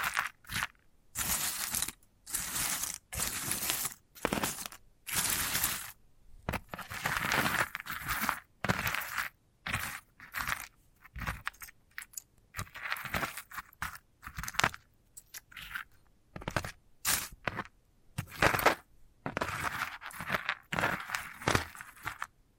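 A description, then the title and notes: Crisp, dry scratching and crunching on a sunflower head comes in quick bursts separated by brief silences, steady and busy throughout. ASMR of a Sunflower Head (No Talking).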